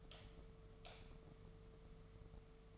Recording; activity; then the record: daily activity, microphone in the room; light off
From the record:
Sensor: 4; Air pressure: 1015.4 hPa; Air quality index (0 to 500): 171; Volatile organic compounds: 7 ppm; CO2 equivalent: 1974 ppm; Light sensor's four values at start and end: 27/66/28/30 and 27/63/27/29